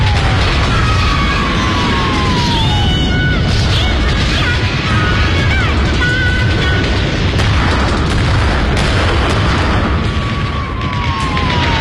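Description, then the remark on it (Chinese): Artillery shells exploding around a battlefield position during an attack by American aircraft in the Korean War, spring 1953: a continuous, loud barrage of booming blasts and dense rumbling, with occasional high falling whistles cutting through; no one speaks. “此时阵地突然遭到美军飞机袭击，几颗炮弹在周围炸响。”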